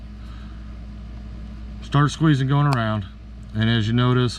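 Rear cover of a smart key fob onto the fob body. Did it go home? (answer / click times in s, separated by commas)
no / none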